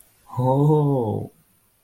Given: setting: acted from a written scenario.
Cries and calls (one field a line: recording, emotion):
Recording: vocal sound without words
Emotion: awe